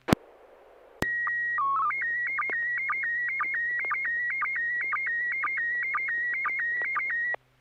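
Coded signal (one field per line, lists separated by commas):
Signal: SSTV (slow-scan television)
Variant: PD 120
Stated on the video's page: SSTV net on a 441.30 MHz FM repeater, Sacramento, using MMSSTV.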